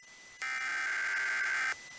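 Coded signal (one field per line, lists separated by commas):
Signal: Emergency Alert System (SAME) tones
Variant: header bursts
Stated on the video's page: Fictional EAS scenario alert.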